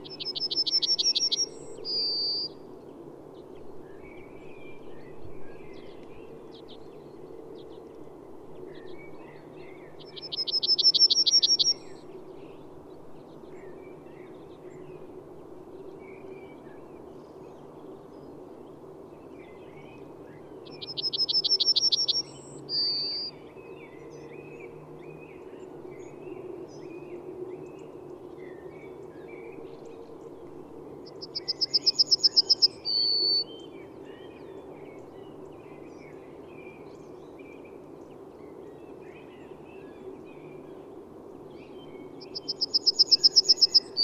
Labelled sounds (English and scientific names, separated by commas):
Yellowhammer (Emberiza citrinella) song